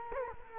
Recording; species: mosquito wingbeat signal from an infrared sensor; Culex quinquefasciatus